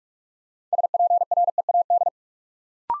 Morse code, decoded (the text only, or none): SPREAD